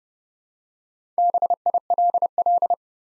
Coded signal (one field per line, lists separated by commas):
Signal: Morse code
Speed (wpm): 32 wpm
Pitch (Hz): 700 Hz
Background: none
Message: BILL